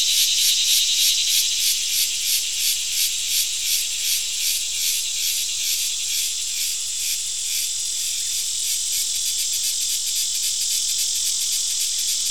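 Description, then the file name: Crickets chirping in rhythmic bursts of high, pulsing notes during the first half, settling into an even, continuous shrill hum afterward. Crickets, with a cicada also present. "Digiffects Sound Effects Library - Crickets and a Cicada"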